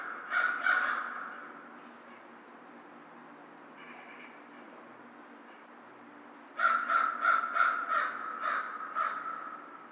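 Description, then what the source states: American crow cawing, a quick run of a few harsh caws, a pause of several seconds, then a longer burst of several caws. Recorded 2 March 2010.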